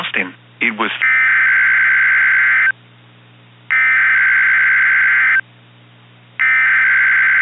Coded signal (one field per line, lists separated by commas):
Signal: Emergency Alert System (SAME) tones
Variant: header bursts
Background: speech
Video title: EAS Mock: What if Texas issued Blue Alerts over NWR?